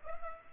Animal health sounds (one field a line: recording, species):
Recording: mosquito wingbeat signal from an infrared sensor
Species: Culex pipiens